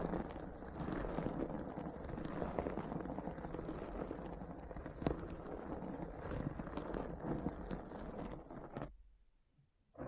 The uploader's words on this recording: ASMR Deep Brain Scratch (No Talking).